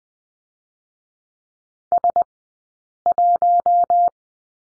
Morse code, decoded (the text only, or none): S1